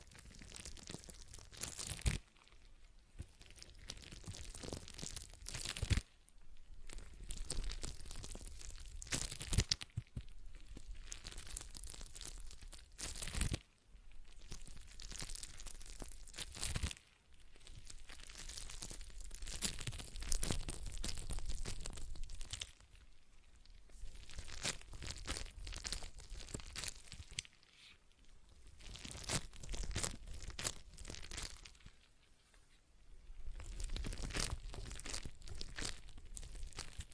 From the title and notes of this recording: ASMR Relaxing Stress Ball Sounds (No Talking).